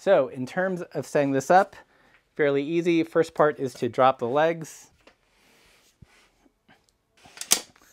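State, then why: Seated. A person talks for about the first five seconds while setting up a bike repair stand. After some quieter handling noises, the legs are dropped and one pops into its locked position on the stand base, held by a small button latch. The click comes as a loud, sharp hit at 7.5 s.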